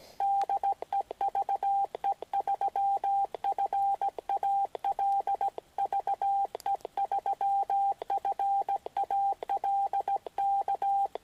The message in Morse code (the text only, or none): DE VE3FAL VE3FAL K